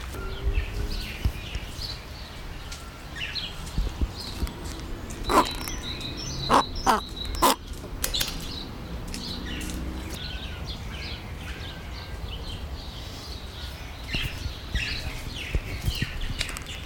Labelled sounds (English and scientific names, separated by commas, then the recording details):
Whistling Heron (Syrigma sibilatrix)
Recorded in captivity
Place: Zoo Berlin, Berlin, DE
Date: 1996-05-05 13:22
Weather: bedeckt, 8°C
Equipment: Sony MD-WM MZ-R3, Sennheiser MKH 416 T, Kopie Uher 4000 Report Monitor
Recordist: Tembrock, Günter